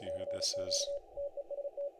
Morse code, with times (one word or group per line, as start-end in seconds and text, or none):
0.1-1.0 CQ
1.2-1.9 TEST